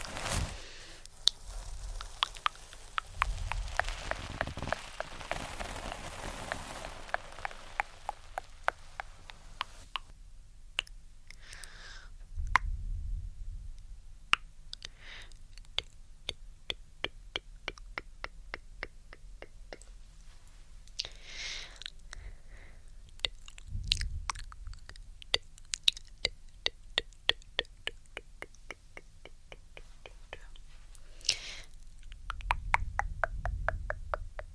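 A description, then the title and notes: Dry brushing and tongue clicking. A dense burst of bristly scratching fills the first seven seconds, then gives way to rapid trains of sharp wet clicks, broken by soft low breathy swells around 12, 24 and 32 seconds. ASMR ~TINGLY~ Brushing & Tongue Clicking.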